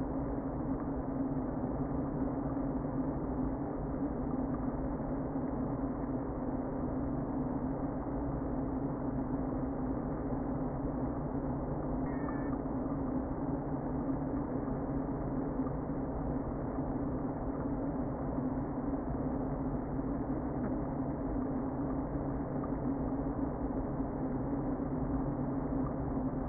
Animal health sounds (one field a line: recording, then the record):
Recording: honeybee colony, microphone inside the hive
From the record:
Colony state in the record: queen present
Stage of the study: before two queens were removed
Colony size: about 60,000 bees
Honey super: yes